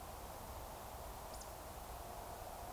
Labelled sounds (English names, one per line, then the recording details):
Eurasian Woodcock whistle
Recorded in Baden-Württemberg, Germany, on 15 June 2020 at 02:25 UTC
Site 43791, 788 m above sea level